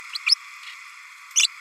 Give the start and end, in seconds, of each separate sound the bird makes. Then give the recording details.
0.13-0.18, 0.26-0.35, 1.35-1.48. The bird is a female. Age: 29 days. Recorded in a nest box in Venezuela. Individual 17B32A7